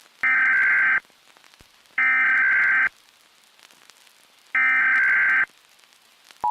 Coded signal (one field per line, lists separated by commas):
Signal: Emergency Alert System (SAME) tones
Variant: header bursts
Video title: TBSRC EAS - May 17th, 2078